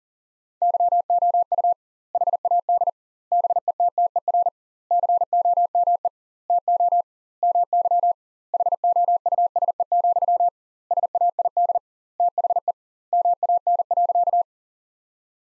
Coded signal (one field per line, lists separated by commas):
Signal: Morse code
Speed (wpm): 40 wpm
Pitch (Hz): 700 Hz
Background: none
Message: YOU HAD BETTER COME TO MY HOUSE, SAID THE MAN.